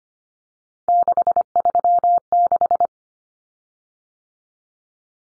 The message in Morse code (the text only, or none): 636